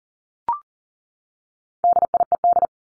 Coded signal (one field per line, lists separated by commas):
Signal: Morse code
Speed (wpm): 40 wpm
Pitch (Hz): 700 Hz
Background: none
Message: DIED